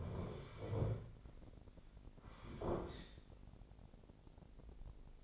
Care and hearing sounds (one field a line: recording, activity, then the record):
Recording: daily activity, microphone in the room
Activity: sit down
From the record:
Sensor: 5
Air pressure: 1009.4 hPa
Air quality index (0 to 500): 155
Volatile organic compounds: 2 ppm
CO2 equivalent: 1193 ppm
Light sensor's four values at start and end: 284/680/290/318 and 284/679/289/318